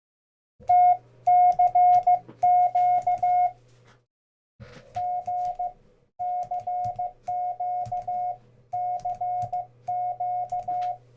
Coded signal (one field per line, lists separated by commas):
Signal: Morse code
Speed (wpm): 15 wpm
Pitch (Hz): 720 Hz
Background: none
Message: T CQ G CQ CQ